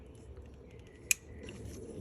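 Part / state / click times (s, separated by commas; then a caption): wiring harness connector onto an ignition coil / seated / 1.1 s. On a Lexus GX 460, after the four spark plugs on the passenger side are replaced, a plastic wiring harness electrical connector is pushed gently back onto an ignition coil. Over a quiet background, a single sharp, bright click rings out at 1.1 s, with fainter ticks around it. The connector latches and is seated on the coil.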